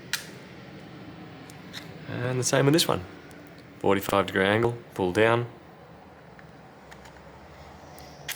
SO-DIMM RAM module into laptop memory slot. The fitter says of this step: Push down, it should click into position.